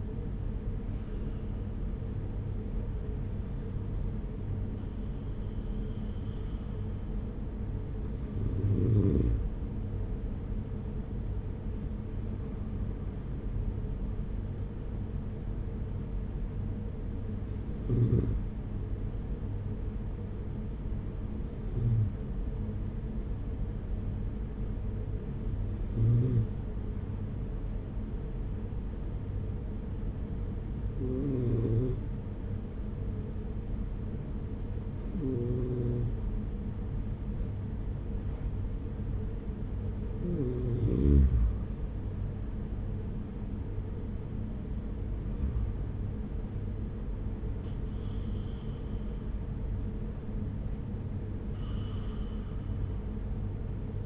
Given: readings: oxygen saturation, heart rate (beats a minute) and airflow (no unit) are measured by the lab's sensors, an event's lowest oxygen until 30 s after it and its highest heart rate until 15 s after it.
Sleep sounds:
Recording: breathing in sleep by a smartphone at the bedside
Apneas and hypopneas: 1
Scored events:
25.00-42.10 s: hypopnea (N1, oxygen 95% highest, then 93% lowest)
From the record:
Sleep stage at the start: N1 (lightest sleep)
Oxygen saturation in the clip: 93 to 95%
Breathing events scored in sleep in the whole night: 210 in 6.9 hours asleep

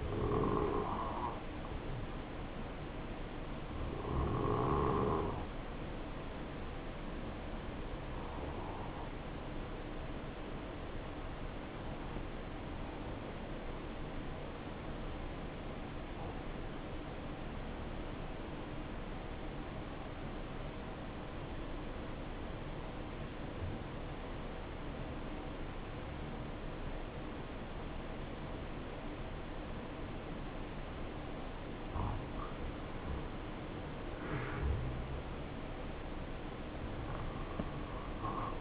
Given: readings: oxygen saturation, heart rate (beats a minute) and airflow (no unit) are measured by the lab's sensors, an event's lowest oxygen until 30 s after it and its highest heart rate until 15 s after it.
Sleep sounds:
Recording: breathing in sleep by a voice recorder at the bedside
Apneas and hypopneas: 1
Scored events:
4.00-31.90 s: obstructive apnea (REM, oxygen 94% highest, then 89% lowest, heart rate 62 at the start, 69 highest)
From the record:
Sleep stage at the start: REM sleep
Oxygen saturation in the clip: 85 to 94%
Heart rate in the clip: 58 to 69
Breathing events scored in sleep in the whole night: 277 in 7.4 hours asleep

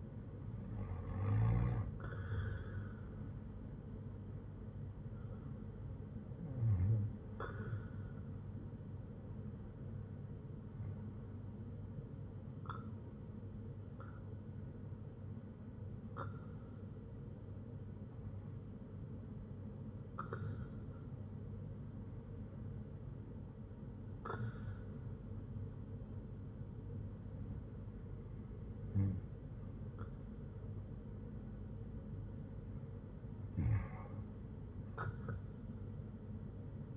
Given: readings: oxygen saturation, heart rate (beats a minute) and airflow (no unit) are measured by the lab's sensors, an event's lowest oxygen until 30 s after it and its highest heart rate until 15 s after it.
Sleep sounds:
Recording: breathing in sleep by a smartphone at the bedside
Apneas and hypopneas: none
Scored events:
2.00-36.97 s: new sleep stage, REM sleep
From the record:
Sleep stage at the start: N1 (lightest sleep)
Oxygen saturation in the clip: 94 to 95%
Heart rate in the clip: 58 to 69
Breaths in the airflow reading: 8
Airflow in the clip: -5.5 to 5.8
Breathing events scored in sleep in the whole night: 182 in 7.4 hours asleep

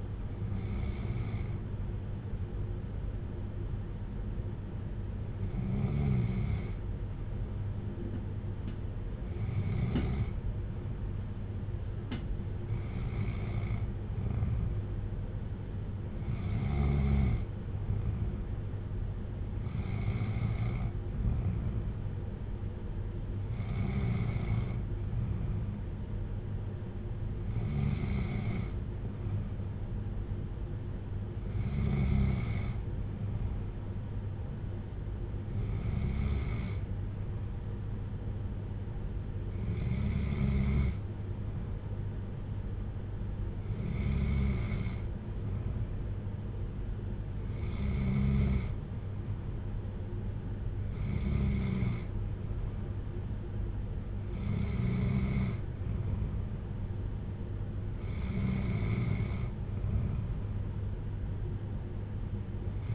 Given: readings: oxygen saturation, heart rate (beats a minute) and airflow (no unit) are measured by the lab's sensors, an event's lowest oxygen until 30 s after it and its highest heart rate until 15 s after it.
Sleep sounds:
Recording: breathing in sleep by a smartphone at the bedside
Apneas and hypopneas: none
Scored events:
none scored
From the record:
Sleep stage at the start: N2 (light sleep)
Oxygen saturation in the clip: 93 to 95%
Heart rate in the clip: 57 to 63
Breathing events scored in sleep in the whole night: 310 in 8.1 hours asleep

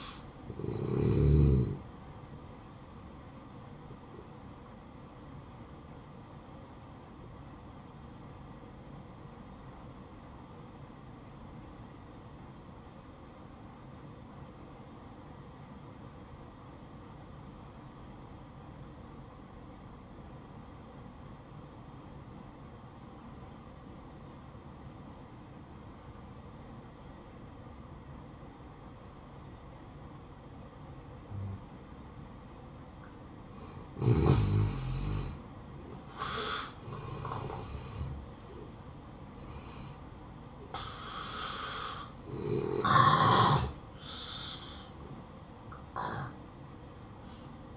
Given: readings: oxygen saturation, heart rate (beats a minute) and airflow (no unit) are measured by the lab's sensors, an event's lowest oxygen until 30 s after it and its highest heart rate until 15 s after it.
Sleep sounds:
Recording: breathing in sleep by a smartphone at the bedside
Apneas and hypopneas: 1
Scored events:
6.00-34.30 s: hypopnea (N1, oxygen 95% highest, then 86% lowest, heart rate 58 at the start, 76 highest)
10.00-40.00 s: new sleep stage, N2 (light sleep)
40.00-47.77 s: new sleep stage, N1 (lightest sleep)
From the record:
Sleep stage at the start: N1 (lightest sleep)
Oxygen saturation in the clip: 87 to 95%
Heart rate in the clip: 56 to 76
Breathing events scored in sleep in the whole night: 573 in 9.8 hours asleep

